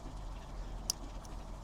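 A new crimp terminal on a green wire is pushed into the bottom position of a plastic multi-pin connector housing in the wiring of a Honda RS250 motorcycle. Over a steady low hum, a single sharp, bright click sounds at 0.9 s, with a much fainter tick around 1.25 s. The terminal seats in the housing, and that connector is done.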